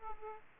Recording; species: mosquito wingbeat signal from an infrared sensor; Aedes aegypti